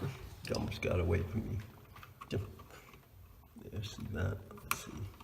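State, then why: Not seated. A plastic spacer shim for a recessed light receptacle is handled and worked over the partly backed-out mounting screw while someone talks, with a few short handling taps and rustles. The shim has not snapped into place yet; nothing has seated or clicked.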